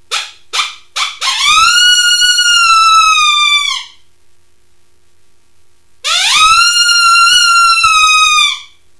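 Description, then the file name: Coyote howl: three short yips lead into a long, steady, wavering tonal howl that ends with a slight drop, then a second similar howl after a pause. "voi koiota"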